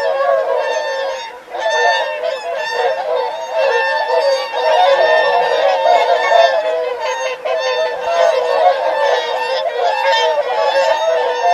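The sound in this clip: Whooper swan flock in full voice, a continuous wall of overlapping trumpeting honks with barely a break throughout.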